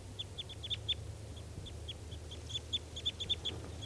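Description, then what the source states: Crossbills giving short, sharp, downward-slurred chip calls, repeated rapidly in loose bursts over a low steady rumble. Three crossbills, including one that had escaped, sounding as if about to take off and heading towards a net, around 9:15 a.m.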